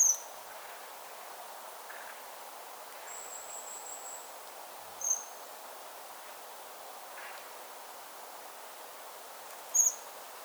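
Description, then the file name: Common blackbird calls: short, very high, thin notes at the start, middle and end, plus a fainter drawn-out high whistle, over constant hiss. "Turdus merula"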